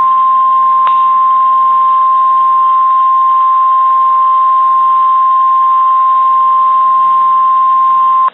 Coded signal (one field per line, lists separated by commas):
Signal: Emergency Alert System (SAME) tones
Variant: 1050 Hz attention tone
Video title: Severe thunderstorm warning EAS alert Kansas City